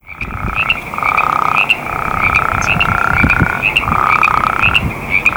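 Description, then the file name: Western spadefoot giving several hoarse, purring trills of about a second each, repeated with short gaps over a low rumbling background. "speahammondii"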